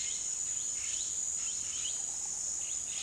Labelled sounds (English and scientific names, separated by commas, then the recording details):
Blue-headed Parrot (Pionus menstruus)
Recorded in dense forest near Puerto Asís, Putumayo, Colombia, on 20 February 2024 at 18:00
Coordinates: 0.505, -76.324
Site G6467